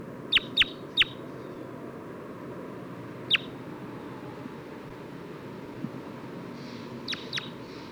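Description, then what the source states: Crossbill giving sharp, high, downslurred chip notes: a quick triple at the start, a single after a pause, then a fainter pair near the end. Individual marked 229, giving weak calls.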